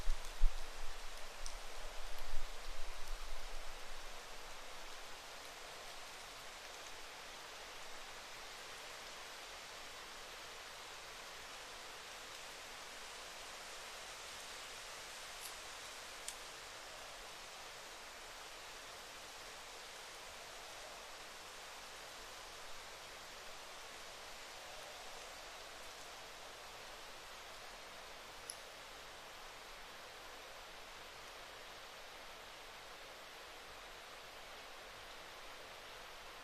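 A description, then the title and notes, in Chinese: A very still forest wilderness, filled with a soft, even hiss that stays unchanged throughout. A low rumble stirs during the first five seconds and then drops away. Faint, brief ticks appear now and then, around 16, 22 and 28 seconds. 林薮呖呖·极静深野。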